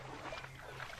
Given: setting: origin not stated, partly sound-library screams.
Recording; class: one-second piece from a danger detection set; normal situation